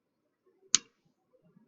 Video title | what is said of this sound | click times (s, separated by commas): Quarantined Quarkmine - Follow Me | plug it in there's a click you should hear it | 0.8 s